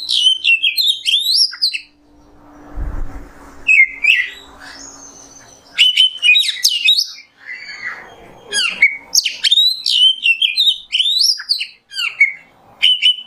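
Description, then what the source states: Oriental magpie-robin song, loud varied whistles and sharp chirps in rapid bursts, with a short quiet break and a brief low rumble near three seconds. Kacer song in the 'nembak' style, used as masteran tutoring.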